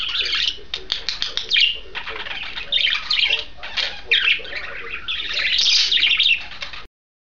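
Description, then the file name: Budgerigars chattering in a busy warble of scratchy chirps, squawks and rapid clicks, with short pauses between bursts. A pair of budgerigars. "suara pasangan parkit. omkicau"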